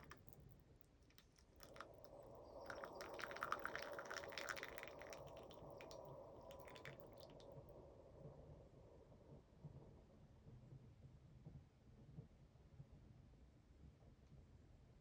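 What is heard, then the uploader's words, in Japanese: A moka pot brews coffee. Around two seconds a rough, bubbling hiss starts, thickening into dense sputtering crackles between about three and seven seconds. After eight seconds the sputter dies down, leaving a low, steady rumble with occasional soft pops. マキネッタでコーヒーを淹れるだけの動画。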